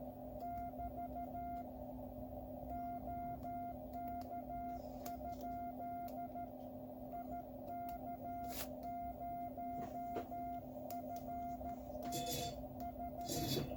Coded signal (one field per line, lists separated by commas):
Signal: Morse code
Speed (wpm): 13 wpm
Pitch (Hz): 700 Hz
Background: none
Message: <BT> OK? IK0FNH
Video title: QCX+ the new QRP Labs 5W transceiver kit